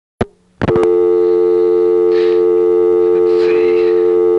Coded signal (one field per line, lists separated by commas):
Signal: telephone call progress tone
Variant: North America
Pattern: dial tone